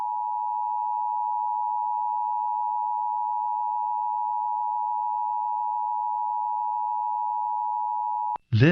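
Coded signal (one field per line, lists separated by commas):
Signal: Emergency Alert System (SAME) tones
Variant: 853 and 960 Hz attention tone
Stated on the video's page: National Periodic Test of the Emergency Alert System as carried by San Antonio television and radio stations and smaller-market stations.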